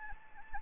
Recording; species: mosquito wingbeat signal from an infrared sensor; Anopheles gambiae